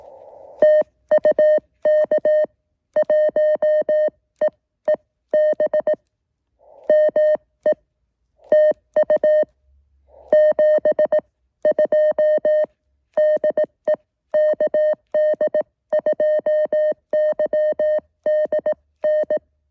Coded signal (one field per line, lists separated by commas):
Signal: Morse code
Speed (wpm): 18 wpm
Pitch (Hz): 620 Hz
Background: music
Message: TU K1EEB ME TU 72 DE KD2YDN